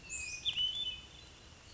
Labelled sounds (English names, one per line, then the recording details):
Hermit Thrush
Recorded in Sonoma County, California